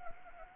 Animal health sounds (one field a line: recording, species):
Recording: mosquito wingbeat signal from an infrared sensor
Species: Anopheles gambiae